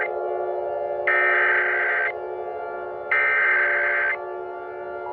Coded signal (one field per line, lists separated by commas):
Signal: Emergency Alert System (SAME) tones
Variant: header bursts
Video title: EAS Scenario: The 450 MPH Tornado